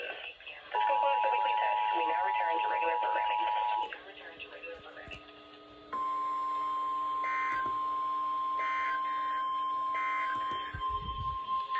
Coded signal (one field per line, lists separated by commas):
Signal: Emergency Alert System (SAME) tones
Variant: 853 and 960 Hz attention tone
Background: speech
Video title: EAS 900!!! - EAS Alerts From 9/2/23 - 9/6/23 (EAS #888-901)